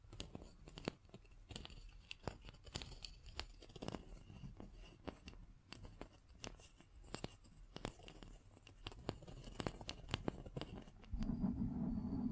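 Scratching and tapping: dense, uneven clicks and taps arrive several times a second over a low, rough rubbing bed. Near the end, around eleven seconds, a louder low grinding scrape takes over and the sound grows fuller.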